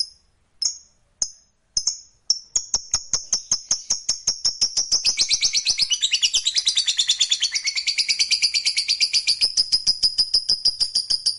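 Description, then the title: Lovebird song that opens with a few spaced, sharp chirps, then speeds into a continuous, shrill, rapid twittering chatter. Fighter-type lovebird singing energetically, in the gacor style. "SUARA Lovebird FIGHTER GACOR"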